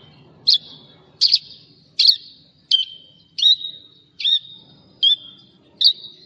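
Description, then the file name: Javan bush lark calls: single sharp chirped notes with a brief trailing tone, repeated roughly every three-quarters of a second over a low background hum. "suara burung branjangan jawa"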